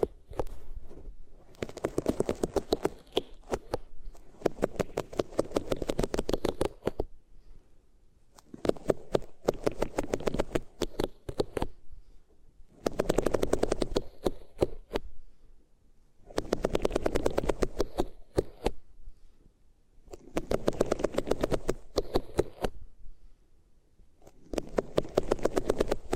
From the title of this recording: Rubbing Your Ears on Different Materials